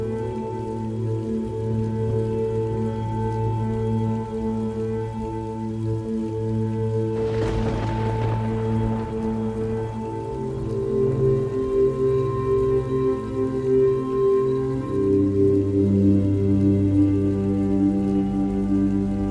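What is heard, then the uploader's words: Rain patters steadily under a bed of sustained, ringing low tones that hum throughout. A sharp crack of thunder bursts in around seven and a half seconds, then fades. The tones shift near ten and fifteen seconds, and the sound grows slightly fuller toward the end. Heavy Thunderstorm Sounds | Relaxing Rain, Thunder & Lightning Ambience. The natural sounds of raindrops falling, distant rumbling thunder, and occasional flashes of lightning.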